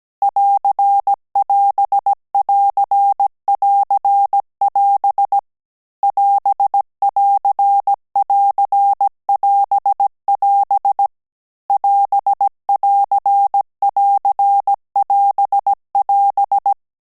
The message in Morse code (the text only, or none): <AR><AS><AR><AR><AS> <AS><AR><AR><AS><AS> <AS><AR><AR><AS><AS>